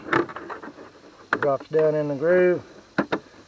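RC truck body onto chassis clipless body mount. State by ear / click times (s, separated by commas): seated / 3.0 s, 3.1 s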